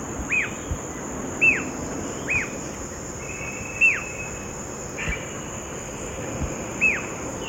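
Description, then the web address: Yellow-billed jacamar repeating single high, down-slurred whistles at irregular intervals over a continuous high-pitched insect hum. Eastern lowlands of South America. "Natures Songs S America Eastern Lowlands. Yellow-billed Jacamar"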